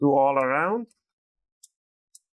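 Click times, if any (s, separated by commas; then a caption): 1.6 s, 2.1 s. The plastic keyboard bezel frame on a Dell Precision 7530 laptop is pushed down between the keys so its hooks snap into the palm rest chassis. Someone talks briefly, then two short, sharp clicks come at 1.6 s and 2.1 s. The clicks show the hooks have seated and the bezel is in place.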